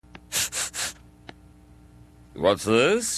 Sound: sniff